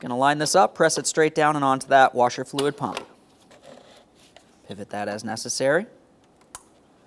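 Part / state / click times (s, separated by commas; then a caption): electrical connector onto washer fluid pump / seated / 6.6 s. Someone talks while an electrical connector is lined up, pressed straight down onto the washer fluid pump and pivoted into place during a windshield washer reservoir replacement on a 2017-2024 GMC Acadia. A sharp click at 6.6 s marks the connector seating, and it is then given a tug to check it.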